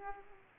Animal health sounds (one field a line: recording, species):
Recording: mosquito wingbeat signal from an infrared sensor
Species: Aedes aegypti